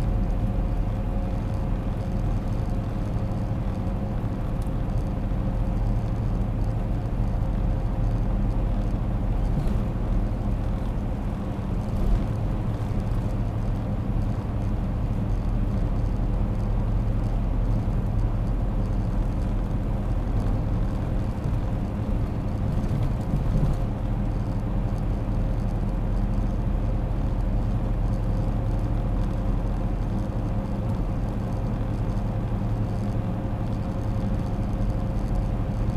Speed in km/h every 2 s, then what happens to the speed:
103, 102, 103, 103, 101, 100, 100, 101, 101, 102, 103, 102, 102, 102, 102, 102, 102, 103.
0-36 steady at about 102.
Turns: none.